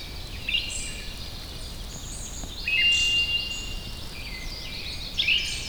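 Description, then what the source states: White's thrush song: a long, even-pitched whistle in midway, amid a continuous chorus of various small birds calling. Recorded at Wuying, Heilongjiang, China.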